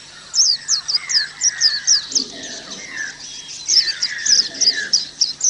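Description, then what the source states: White-eye song: brisk runs of high, thin twittered notes, about four a second, with lower descending whistles mixed in. Audio therapy for caged white-eyes.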